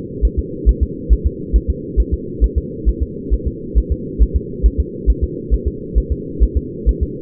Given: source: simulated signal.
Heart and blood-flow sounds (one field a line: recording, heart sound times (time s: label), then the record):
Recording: fetal heart sounds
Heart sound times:
0.25 s: S1
0.39 s: S2
0.69 s: S1
0.83 s: S2
1.13 s: S1
1.27 s: S2
1.56 s: S1
1.70 s: S2
2.00 s: S1
2.14 s: S2
2.44 s: S1
2.58 s: S2
2.89 s: S1
3.02 s: S2
3.33 s: S1
3.47 s: S2
3.78 s: S1
3.92 s: S2
4.22 s: S1
4.36 s: S2
4.66 s: S1
4.80 s: S2
5.10 s: S1
5.24 s: S2
5.54 s: S1
5.67 s: S2
5.98 s: S1
6.12 s: S2
6.43 s: S1
6.57 s: S2
6.89 s: S1
7.03 s: S2
From the record:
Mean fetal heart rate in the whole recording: 135 bpm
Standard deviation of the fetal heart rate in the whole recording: 3 bpm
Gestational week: 34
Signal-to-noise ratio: -4.1 dB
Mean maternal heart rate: no maternal heart sound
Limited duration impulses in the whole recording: absent